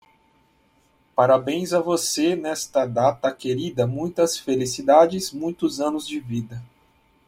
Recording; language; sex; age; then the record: short text; Brazilian Portuguese; male; 30 to 39 years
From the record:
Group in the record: control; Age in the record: 35 years